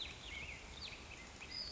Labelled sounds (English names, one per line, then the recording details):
Western Flycatcher
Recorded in Sonoma County, California